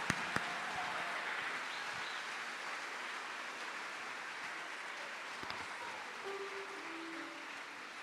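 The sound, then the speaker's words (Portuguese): An audience at a worship service applauds first-time visitors steadily, a dense, even wash of many hands clapping that holds for about eight seconds at a soft, constant level, with no voices over it. “Vamos aplaudir os visitantes também, né?”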